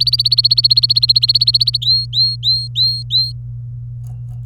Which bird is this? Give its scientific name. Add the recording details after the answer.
Serinus canaria. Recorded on 24 April 2018 at 10:38. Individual llb3